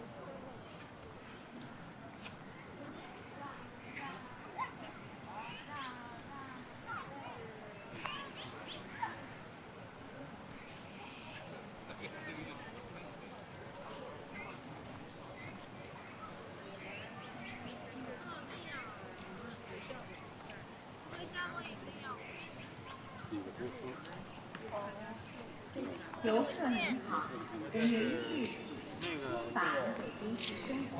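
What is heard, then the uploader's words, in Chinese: At Beijing's Ditan, a steady murmur of many overlapping voices fills the scene, with a few sharp knocks, growing louder after twenty-five seconds. 城市声音。北京地坛。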